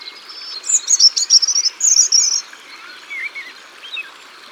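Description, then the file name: European robin singing a rapid, tinkling series of very high notes and a sparkling trill, followed by softer, lower, liquid warbled notes and a quiet pause. Recorded by the waterside. "Rougegorge familier Au bord de leau"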